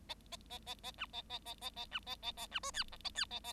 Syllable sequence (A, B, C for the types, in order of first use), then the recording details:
A A A A A B A A A A A B A A A B C D E A D A A. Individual Bird7